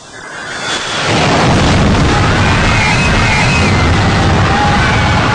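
A plane crashing into one of the towers of the World Trade Center with an explosion: a dull rumble surges to a loud, sustained roar of blast and debris that keeps thundering without letting up, with no voices.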